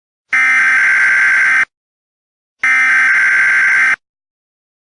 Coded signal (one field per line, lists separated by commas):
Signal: Emergency Alert System (SAME) tones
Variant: header bursts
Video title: EAS: Paranormal Emergency